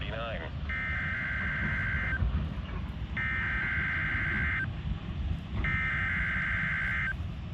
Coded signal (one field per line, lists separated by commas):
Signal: Emergency Alert System (SAME) tones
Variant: header bursts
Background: speech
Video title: (EAS #332) KMKX’s first RWT for 2023